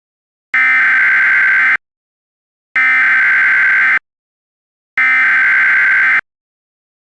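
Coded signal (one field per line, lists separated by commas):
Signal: Emergency Alert System (SAME) tones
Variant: header bursts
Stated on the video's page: Mock, simulated EAS Amber Alert, not a real broadcast.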